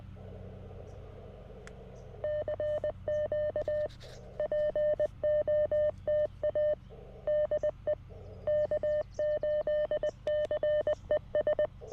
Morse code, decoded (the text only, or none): CQ POTA DE K8CES